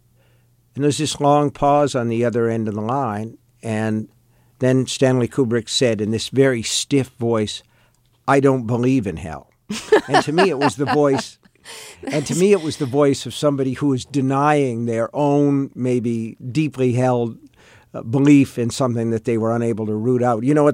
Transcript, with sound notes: And there's this long pause on the other end of the line. And then Stanley Kubrick said in this very stiff voice I don't believe in hell.
(Laughter).
And to me it was the voice - to me it was the voice of somebody who was denying their own maybe deeply-held belief in something that they were unable to root out.